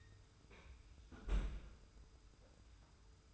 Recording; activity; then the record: daily activity, microphone in the room; close fridge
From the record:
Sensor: 2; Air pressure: 990.9 hPa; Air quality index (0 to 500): 126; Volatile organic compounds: 115 ppm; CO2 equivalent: 3846 ppm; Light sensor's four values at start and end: 23/55/22/22 and 23/55/22/22